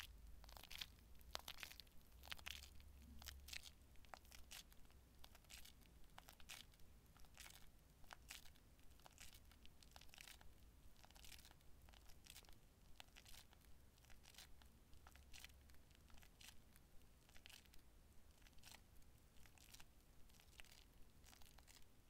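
Shaving gel being worked, with dense, irregular crackling and sharp wet pops scattered all through, many per second, slightly busier in the first few seconds. A low hum sits underneath, and the sound is steady.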